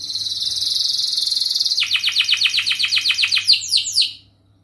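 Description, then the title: Canary song: a long high buzzing trill, then a series of rapid descending sweeps, ending in quick high rattling notes, over a steady low hum. Singing canary (kenari gacor) with the best cengkok song phrasing and lavish isian fill notes, from the kicaumania songbird hobby. "Kenari Gacor Cengkok Isian Kenarigacor Kicaumania Kenari"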